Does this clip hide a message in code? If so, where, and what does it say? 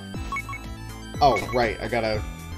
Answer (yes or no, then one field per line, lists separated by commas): no